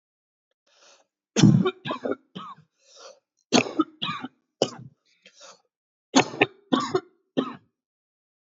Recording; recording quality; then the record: heavy voluntary cough; excellent, no background noise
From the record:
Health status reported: respiratory illness, not identified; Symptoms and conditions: chronic lung disease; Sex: male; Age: 26 years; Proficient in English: yes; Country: India